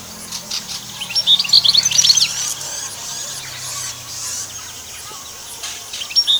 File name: Canary Voice